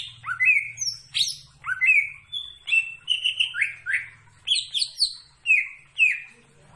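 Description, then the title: Leafbird song of bright, varied whistled notes and quick upward and downward slurs, delivered continuously with a faint low hum underneath. Singing actively (gacor). "Cucak Ijo Gacor"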